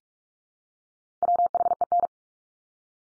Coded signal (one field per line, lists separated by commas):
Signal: Morse code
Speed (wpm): 46 wpm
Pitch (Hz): 700 Hz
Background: none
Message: WHEN